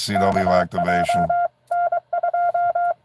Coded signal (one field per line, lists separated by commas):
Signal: Morse code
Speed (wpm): 23 wpm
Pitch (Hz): 700 Hz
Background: speech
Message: KJ N2